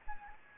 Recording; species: mosquito wingbeat signal from an infrared sensor; Anopheles gambiae